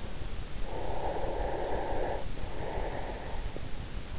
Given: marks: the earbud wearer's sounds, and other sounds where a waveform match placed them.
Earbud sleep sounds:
sounds in sleep by an in-ear microphone; breath
0.61-3.75 s: breath

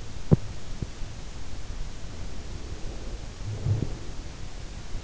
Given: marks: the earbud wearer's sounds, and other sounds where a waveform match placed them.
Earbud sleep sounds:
sounds in sleep by an in-ear microphone; breath
0.00-0.83 s: sound from someone else or the room
2.42-4.21 s: breath

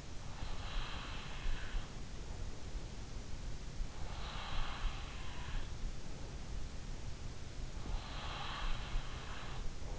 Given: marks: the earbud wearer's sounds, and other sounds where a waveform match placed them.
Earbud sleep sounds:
sounds in sleep by an in-ear microphone; breath
0.00-2.85 s: breath
3.48-6.39 s: breath
7.65-9.99 s: breath

